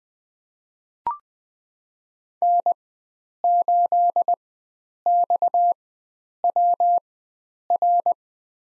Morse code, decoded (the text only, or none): N8XWR